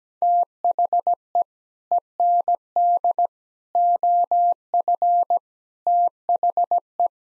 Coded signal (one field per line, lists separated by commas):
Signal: Morse code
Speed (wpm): 17 wpm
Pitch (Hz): 700 Hz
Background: none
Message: THE END OF THE